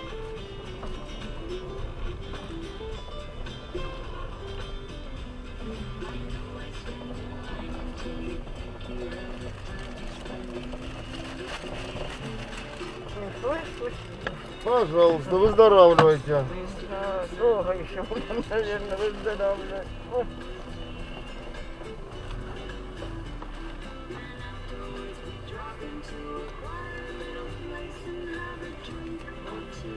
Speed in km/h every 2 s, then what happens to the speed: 4, 2, 3, 9, 6, 5, 0, 0, 0, 0, 3, 0, 0, 0, 1.
3-7 pulls away to 9. 7-12 slows to 0. 12-30 standing.